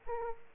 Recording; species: mosquito wingbeat signal from an infrared sensor; Aedes aegypti